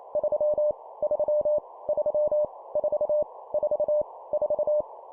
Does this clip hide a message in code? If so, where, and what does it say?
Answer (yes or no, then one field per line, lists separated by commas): yes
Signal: Morse code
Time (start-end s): 0.2-4.8 s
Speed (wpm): 28 wpm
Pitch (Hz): 600 Hz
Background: none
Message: 3 3 3 4 4 4